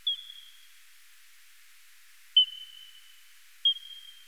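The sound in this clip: Eastern coastal free-tailed bat call sequence, three steady high tones with abrupt starts and drawn-out decaying tails, separated by irregular gaps of over a second.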